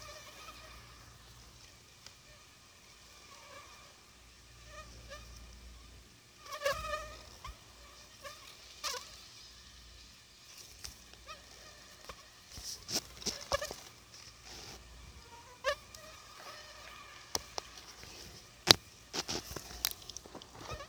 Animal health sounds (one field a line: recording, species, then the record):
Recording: mosquito flight sound by mobile phone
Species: Anopheles gambiae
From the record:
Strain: Akron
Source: CDC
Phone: Sony Xperia